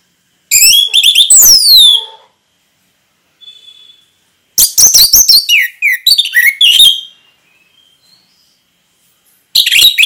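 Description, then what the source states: Orange-headed thrush song in three loud bursts of fast, varied, descending whistles and chatter, split by long quiet gaps with a few soft notes. Singing in the ngeplong style, described as gacor.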